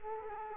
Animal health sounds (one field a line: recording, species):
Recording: mosquito wingbeat signal from an infrared sensor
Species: Culex quinquefasciatus